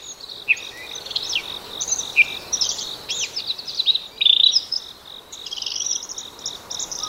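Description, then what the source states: Bull-headed shrike singing a varied, scratchy warble of chirps, squeaks and short trills, with steady background hiss. Recorded at Yumura Onsen, Shimane Prefecture, Japan.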